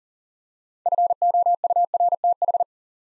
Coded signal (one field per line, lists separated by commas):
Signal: Morse code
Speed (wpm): 43 wpm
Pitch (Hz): 700 Hz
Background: none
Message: FOURTH